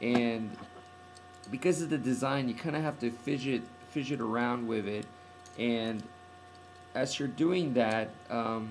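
Someone talks while fidgeting a plastic weapon attachment onto the top of a toy figure, with a steady hum underneath. Nothing has seated or clicked yet; the clip ends before the part snaps into place.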